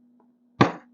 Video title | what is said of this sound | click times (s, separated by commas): Helmet தவறா Use பண்ணினா 🚨 Dangerous Consequence!!#HelmetTruth #TamilSafetyTips #BikeRidersTamil | lock ஆகிடும். | 0.6 s